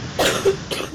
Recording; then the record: coughing mixed with background sound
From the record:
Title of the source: 34 coughing up crap again